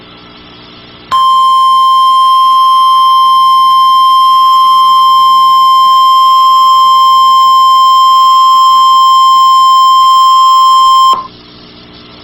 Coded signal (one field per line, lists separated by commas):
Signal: Emergency Alert System (SAME) tones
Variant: 1050 Hz attention tone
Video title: Real NOAA Weather Radio EAS Alert #326